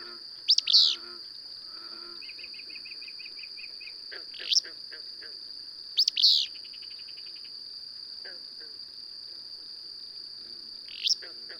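Bird repeating loud sweeping chirps every few seconds, with a rapid, even trill of short high notes between, all over a steady high-pitched drone.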